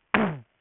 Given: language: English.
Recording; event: throat vibration sensor signal played as sound; throat clearing